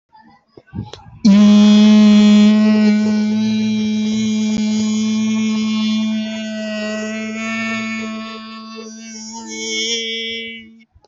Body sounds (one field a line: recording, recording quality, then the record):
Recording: sustained vowel as in beet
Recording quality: excellent, no background noise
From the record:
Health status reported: healthy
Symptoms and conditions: none ticked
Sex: male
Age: 24 years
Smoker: not ticked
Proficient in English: yes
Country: India